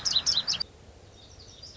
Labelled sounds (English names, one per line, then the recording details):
Lazuli Bunting
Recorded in Sonoma County, California